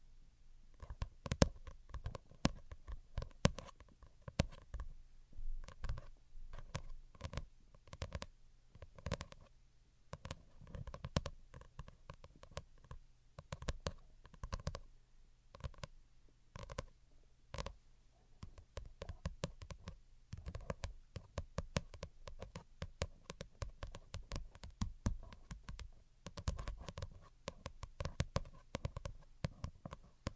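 Soft, close tapping continues for the whole thirty seconds, the taps falling in quick irregular clusters with short pauses between them. Each tap is crisp with a hollow, mid-toned knock, over a faint low rumble in the background.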